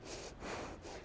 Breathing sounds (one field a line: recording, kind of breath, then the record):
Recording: one breath in and out by a microphone near the nose and mouth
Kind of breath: strong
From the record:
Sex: female